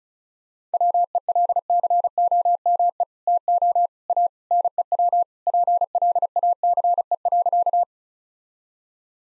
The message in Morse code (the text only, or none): WELCOME TO A NEW PLACE.